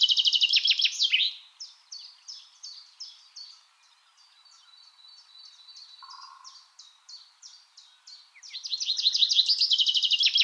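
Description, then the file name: Common chaffinch song: a loud phrase opens, spaced single notes follow with a quieter stretch, and another bright trilled phrase closes. "Fringilla coelebs"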